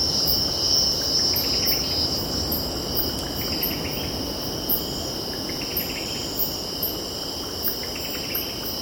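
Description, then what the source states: Cicadas stridulating in a steady high buzzing band, with brief bird chirps above and a broad low rushing wash underneath throughout. Cicadas stridulating with birds calling and distant ocean in background.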